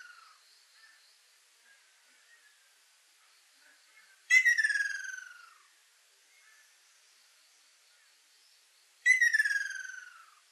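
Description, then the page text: Ruddy kingfisher giving two descending, rattling trills about five seconds apart, each falling in pitch and fading, with faint soft background notes between. Ryukyu subspecies bangsi, recorded 29 April 2000. "2000 000429 ryuukyuuakashoubin. Halcyon coromanda bangsi"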